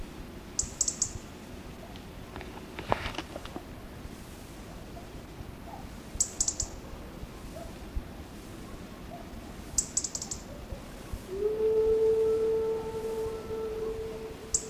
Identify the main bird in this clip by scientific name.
Erithacus rubecula